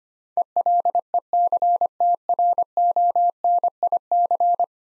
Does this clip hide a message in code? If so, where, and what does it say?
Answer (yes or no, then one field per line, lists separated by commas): yes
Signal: Morse code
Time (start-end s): 0.4-4.6 s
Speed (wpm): 25 wpm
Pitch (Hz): 700 Hz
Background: none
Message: ELECTRONIC